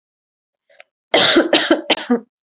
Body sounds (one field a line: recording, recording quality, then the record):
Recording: shallow voluntary cough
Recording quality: excellent, no background noise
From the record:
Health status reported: healthy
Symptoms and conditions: none ticked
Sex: female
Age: 25 years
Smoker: not ticked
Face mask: not worn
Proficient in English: yes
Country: India